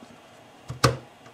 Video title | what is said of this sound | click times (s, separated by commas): Setup Your Synology NAS Quick and Easy! | until you hear it click | 0.8 s